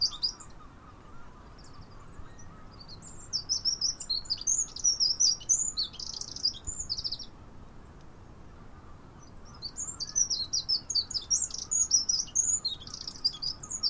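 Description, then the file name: Eurasian wren singing in loud, fast, high-pitched rattling phrases: one long phrase, a quiet gap, then another vigorous burst running to the end, with faint lower twitters in the background. "Troglodytes troglodytes"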